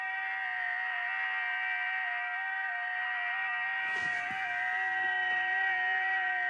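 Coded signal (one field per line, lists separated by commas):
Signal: FT8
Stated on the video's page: FT8 amateur radio operation, Parks on the Air.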